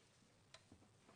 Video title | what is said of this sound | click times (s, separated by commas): HobbyMaker Live | okay so for this you crush it till you hear the click | 0.5 s